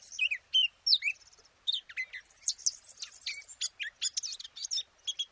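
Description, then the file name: Eurasian blackcap song: a quick run of high, varied chattering and thin whistled notes. "Sylvia atricapilla"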